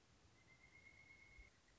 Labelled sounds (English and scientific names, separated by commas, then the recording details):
Pileated Woodpecker (Dryocopus pileatus)
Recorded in Sonoma County, California